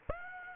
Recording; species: mosquito wingbeat signal from an infrared sensor; Aedes aegypti